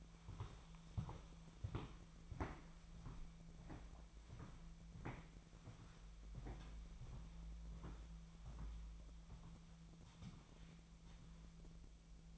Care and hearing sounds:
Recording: daily activity, microphone in the room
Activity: walk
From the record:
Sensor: 1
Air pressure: 1008.4 hPa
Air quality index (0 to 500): 189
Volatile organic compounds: 17 ppm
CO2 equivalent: 2565 ppm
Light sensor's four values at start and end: 18/47/19/22 and 19/47/19/22

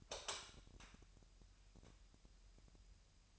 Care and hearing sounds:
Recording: daily activity, microphone in the room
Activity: light on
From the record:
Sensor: 2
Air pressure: 1001.8 hPa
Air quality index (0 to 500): 239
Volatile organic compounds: 31 ppm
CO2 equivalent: 2972 ppm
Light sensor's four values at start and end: 4/10/4/4 and 9/26/10/10

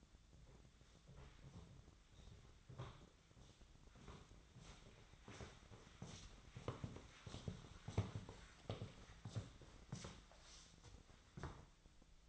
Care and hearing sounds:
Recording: daily activity, microphone in the room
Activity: walk to room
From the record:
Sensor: 3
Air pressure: 1010.1 hPa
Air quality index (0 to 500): 181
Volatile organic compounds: 12 ppm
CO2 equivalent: 2359 ppm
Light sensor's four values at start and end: 42/104/45/48 and 39/96/42/45

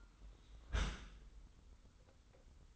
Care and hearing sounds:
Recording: daily activity, microphone in the room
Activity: close dishwasher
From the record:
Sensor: 3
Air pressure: 990.5 hPa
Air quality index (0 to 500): 195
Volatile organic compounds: 1000 ppm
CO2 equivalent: 6386 ppm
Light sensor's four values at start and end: 40/94/38/36 and 40/94/38/36

